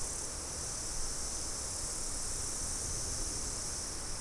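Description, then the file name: Insects in chorus, a steady high shimmering hiss that holds unbroken throughout, over a low rumbling background. "mainly insect"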